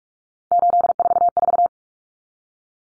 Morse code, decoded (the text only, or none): 844